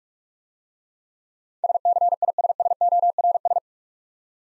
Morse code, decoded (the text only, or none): SCISSORS